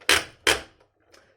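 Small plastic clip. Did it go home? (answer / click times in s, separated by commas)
yes / 0.1 s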